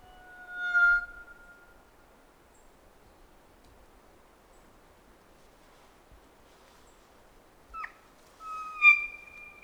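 Kōkako singing a drawn-out whistled note, then a long pause before a brief sharp note and another sustained whistle.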